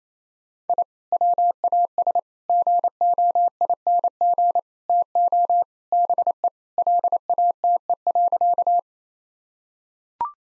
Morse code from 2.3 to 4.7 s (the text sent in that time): GOING